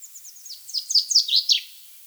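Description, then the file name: Common chaffinch song: a run of high, downslurred notes that grows louder and ends in a sharper falling note, with a quiet background. "Fringilla coelebs"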